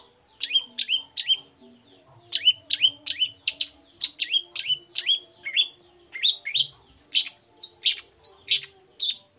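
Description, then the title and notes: Long-tailed Shrike repeating a sharp, down-slurred whistled note in short groups, then shifting to higher varied chirps. Cendet heard in the morning, singing the 'toet toet' variation; recording meant as a lure to provoke other shrikes into answering. "Langsung NYAUTTTTT ! Cendet Gacor Dor Di Kala Pagi Toet Toet Variasi Suara. Pancingan Emosi Cendet Gacor Full Variasi Toet Toet Bikin Nyaut Cendet Lain Langsung Ikutan Bunyi. Burung cendet"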